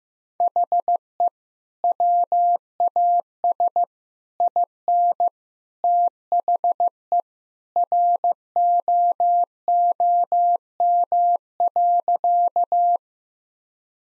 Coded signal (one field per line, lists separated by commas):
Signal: Morse code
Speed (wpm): 15 wpm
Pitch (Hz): 700 Hz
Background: none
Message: HE WAS IN THE ROOM.